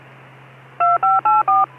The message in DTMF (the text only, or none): 2584